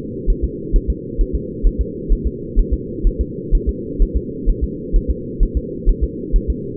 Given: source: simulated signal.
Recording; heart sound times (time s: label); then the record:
fetal heart sounds
0.30 s: S1
0.44 s: S2
0.76 s: S1
0.90 s: S2
1.21 s: S1
1.35 s: S2
1.67 s: S1
1.81 s: S2
2.12 s: S1
2.27 s: S2
2.59 s: S1
2.74 s: S2
3.07 s: S1
3.21 s: S2
3.55 s: S1
3.69 s: S2
4.02 s: S1
4.17 s: S2
4.50 s: S1
4.64 s: S2
4.96 s: S1
5.10 s: S2
5.43 s: S1
5.57 s: S2
5.89 s: S1
6.04 s: S2
6.36 s: S1
6.50 s: S2
From the record:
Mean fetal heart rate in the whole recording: 130 bpm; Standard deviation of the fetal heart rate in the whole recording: 4 bpm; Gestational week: 38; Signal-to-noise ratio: -4.1 dB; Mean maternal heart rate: no maternal heart sound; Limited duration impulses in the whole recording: absent